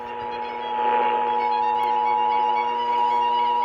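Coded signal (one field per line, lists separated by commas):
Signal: Emergency Alert System (SAME) tones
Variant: 853 and 960 Hz attention tone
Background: music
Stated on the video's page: Required Monthly Tests received over a single night.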